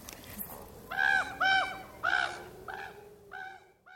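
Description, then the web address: Raven calls: a series of harsh, nasal croaking notes, three loud ones then softer repeats, roughly two per second. "NONAM Audio und Video rabe"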